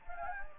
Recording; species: mosquito wingbeat signal from an infrared sensor; Anopheles gambiae